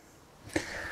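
Someone pushes down the yellow release tabs on the metal drawer slides of a 6-foot slide-out tray built into an RV travel trailer compartment, then pulls the tray back out. A single sharp click comes at 0.56 s, followed by a steady sliding hiss as the tray moves. The slide lock is released and the tray comes out of the compartment.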